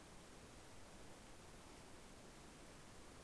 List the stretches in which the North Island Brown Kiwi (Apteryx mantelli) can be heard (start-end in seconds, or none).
none